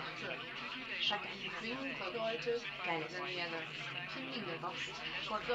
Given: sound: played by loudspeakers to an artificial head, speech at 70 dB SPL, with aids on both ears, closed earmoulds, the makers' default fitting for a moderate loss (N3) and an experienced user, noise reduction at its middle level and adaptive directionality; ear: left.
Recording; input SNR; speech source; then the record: speech test signal (ISTS) in cocktail-party noise; +3 dB; on the right (90 degrees)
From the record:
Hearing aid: class 1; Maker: F